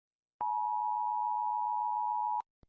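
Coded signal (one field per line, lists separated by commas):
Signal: Emergency Alert System (SAME) tones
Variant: 853 and 960 Hz attention tone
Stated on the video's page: EAS-style alarms as produced by apps.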